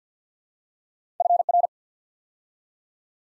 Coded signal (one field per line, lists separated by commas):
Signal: Morse code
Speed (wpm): 48 wpm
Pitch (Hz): 700 Hz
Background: none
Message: FR